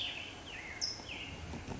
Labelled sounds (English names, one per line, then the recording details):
California Towhee
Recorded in Sonoma County, California